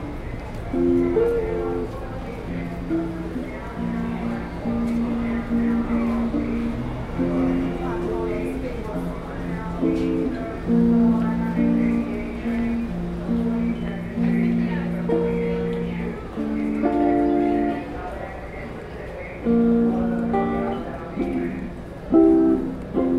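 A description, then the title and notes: A guitarist plays in a subway station, strumming steady chords in the low and middle range that shift every second or two for the whole clip. Underneath, a constant low rumble and faint murmur of voices fill the station, with a few brief clicks. New York City Columbus Circle Station ambience with guitarist playing.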